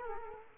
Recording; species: mosquito wingbeat signal from an infrared sensor; Culex quinquefasciatus